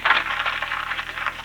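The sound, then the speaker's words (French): A sheet of paper, next month's advertising flyer, is picked up and handled, giving a steady crisp rustling and crinkling that lasts about a second and a half, moderately loud, with no voices. “Je prends la feuille ici, c'est la publicité du mois prochain.”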